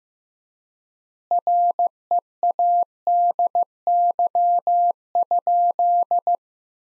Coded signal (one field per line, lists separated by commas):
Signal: Morse code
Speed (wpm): 15 wpm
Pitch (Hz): 700 Hz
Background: none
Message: READY?